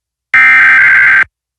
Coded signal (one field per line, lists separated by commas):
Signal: Emergency Alert System (SAME) tones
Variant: header bursts